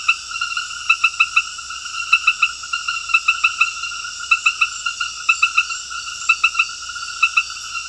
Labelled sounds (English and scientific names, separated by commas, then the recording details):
none
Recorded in secondary vegetation near Puerto Asís, Putumayo, Colombia, on 20 February 2024 at 23:00
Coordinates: 0.481, -76.323
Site G6376